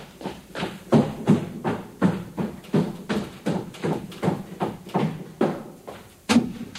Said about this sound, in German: Und wir hämmert. Pumucke, was tust denn? Hör mit der Hämmerei auf. Du machst bestimmt was hin.